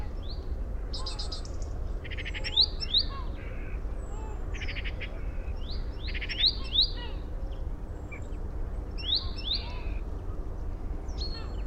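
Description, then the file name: Great tit calls: scattered high chirps and short buzzy, rattling bursts throughout, some louder than others, over steady low rumbling background noise. "Parus major"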